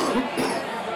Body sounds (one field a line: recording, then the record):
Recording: coughing mixed with background sound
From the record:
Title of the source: Coughing 77